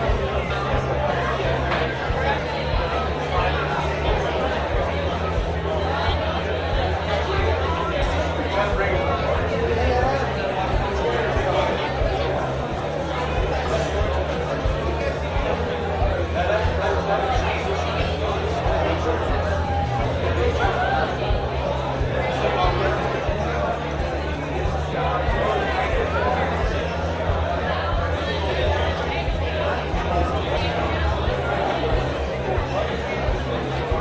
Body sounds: background sound without coughing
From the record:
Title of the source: CITY SOUNDS Busy Bar in the Evening Night - 2 HOURS of Ambiance for Relaxation

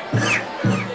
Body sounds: coughing mixed with background sound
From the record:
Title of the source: Cough Around the Clock!

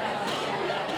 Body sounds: coughing mixed with background sound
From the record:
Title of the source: 64 coughing, allergies, singing lungs

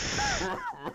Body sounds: coughing mixed with background sound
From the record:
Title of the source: Heavy cold and sore throat coughing.

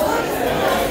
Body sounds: background sound without coughing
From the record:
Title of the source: 40 min - Ambience sounds UNIVERSITY lunchroom chatting

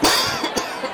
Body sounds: coughing mixed with background sound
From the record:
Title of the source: Dry Coughing Fit in the Afternoon.

